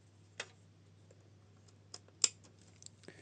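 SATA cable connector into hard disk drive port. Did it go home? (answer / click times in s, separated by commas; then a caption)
yes / 2.2 s. A SATA data cable connector is lined up with the keyed port on a hard disk drive and pushed in. Faint ticks and light handling taps sound over a low steady hum, and a sharp, bright click at 2.2 s marks the latch seating fully in the port.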